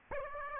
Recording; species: mosquito wingbeat signal from an infrared sensor; Aedes aegypti